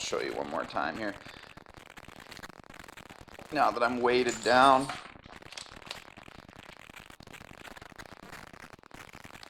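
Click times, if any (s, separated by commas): none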